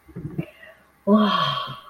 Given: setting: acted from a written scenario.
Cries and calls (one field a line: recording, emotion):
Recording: vocal sound without words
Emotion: serenity